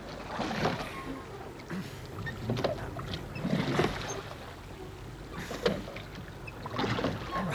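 Someone clambers into a small rowboat: wooden knocks and creaks, shifting weight, and water sloshing and lapping against the hull in uneven bursts, with no talking.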